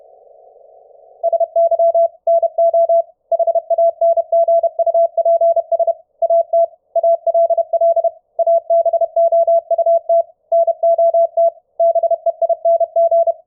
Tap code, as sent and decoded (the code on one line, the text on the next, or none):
none